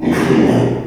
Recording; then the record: squeal of a Yucatan mini pig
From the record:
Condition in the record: after surgery on the right vocal fold (resection and tissue-engineered implant); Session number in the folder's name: 1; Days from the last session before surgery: 6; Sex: male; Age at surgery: 12 weeks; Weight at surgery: 13 kg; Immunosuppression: cyclosporine, prednisolone